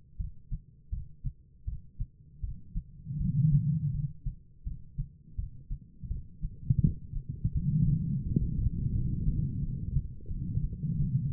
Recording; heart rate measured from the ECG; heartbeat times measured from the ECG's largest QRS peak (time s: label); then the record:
heart sounds by stethoscope; 83 bpm
0.17 s: heartbeat
0.90 s: heartbeat
1.65 s: heartbeat
2.41 s: heartbeat
3.18 s: heartbeat
3.92 s: heartbeat
4.64 s: heartbeat
5.36 s: heartbeat
6.08 s: heartbeat
6.81 s: heartbeat
7.53 s: heartbeat
8.23 s: heartbeat
8.92 s: heartbeat
9.60 s: heartbeat
10.28 s: heartbeat
10.96 s: heartbeat
From the record:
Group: healthy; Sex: female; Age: 51 years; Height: 162 cm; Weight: 70.04 kg